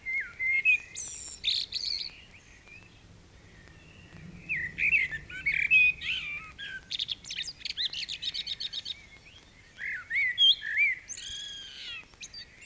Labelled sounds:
Common Blackbird song

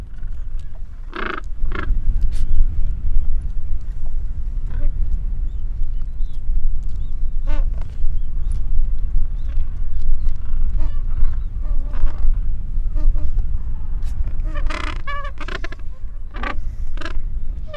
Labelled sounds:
Gentoo Penguin call

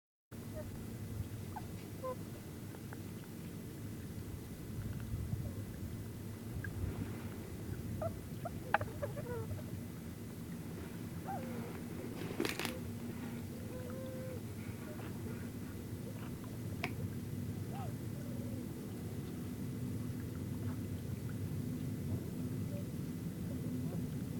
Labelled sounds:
Tundra Swan call

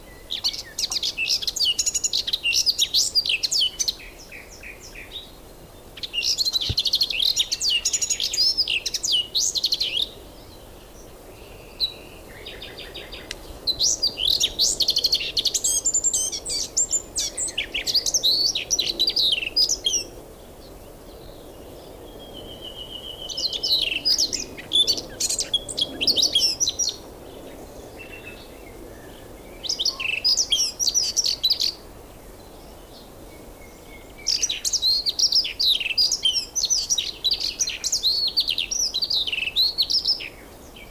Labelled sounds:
Eurasian Blackcap song

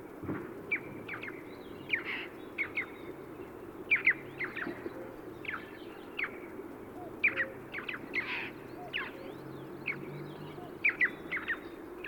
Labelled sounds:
Red-billed Chough call

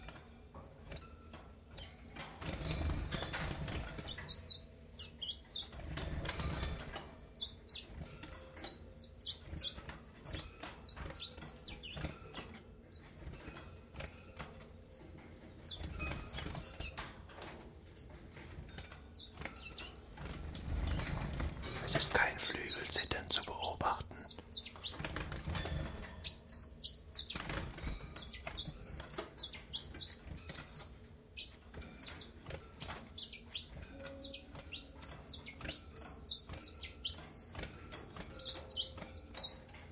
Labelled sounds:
Common Chiffchaff

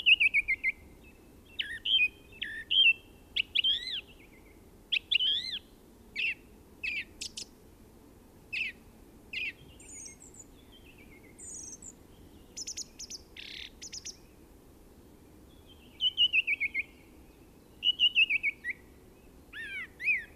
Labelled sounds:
Song Thrush song

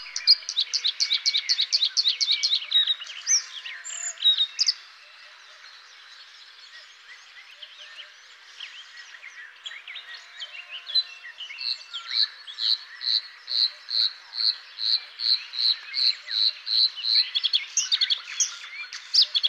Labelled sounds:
Bluethroat song

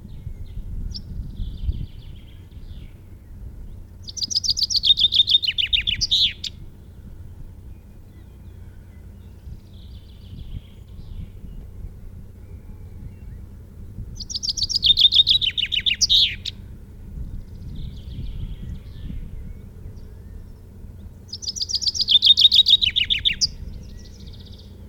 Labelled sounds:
Common Chaffinch song

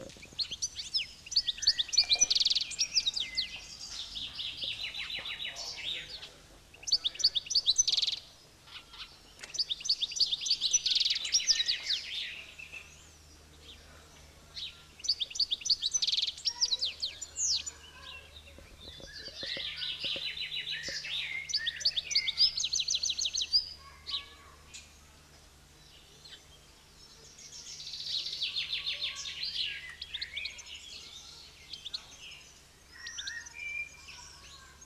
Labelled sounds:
European Goldfinch song

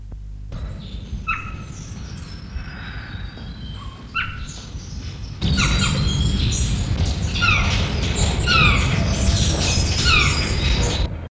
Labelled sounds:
Guira Cuckoo call

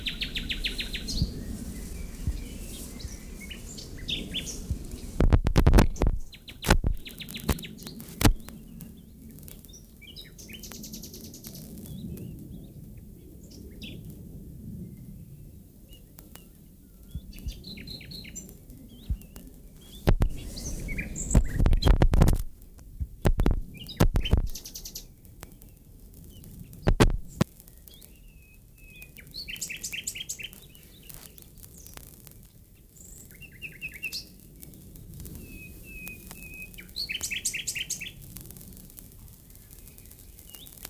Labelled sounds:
Common Nightingale song

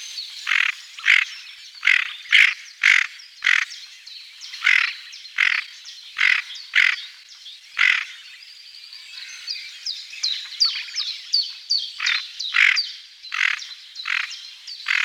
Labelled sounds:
Tufted Duck

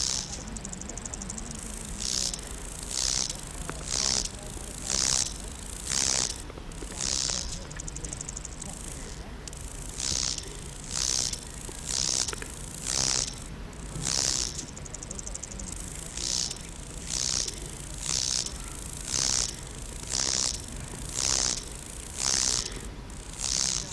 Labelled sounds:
Lesser Marsh Grasshopper stridulation

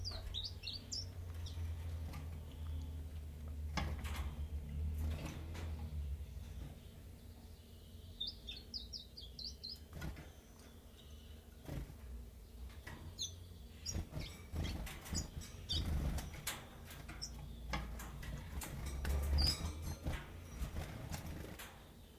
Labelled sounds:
Common Chiffchaff

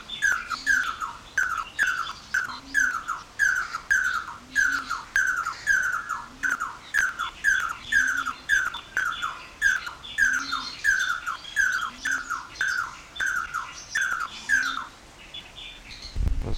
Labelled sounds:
Red-and-yellow Barbet call

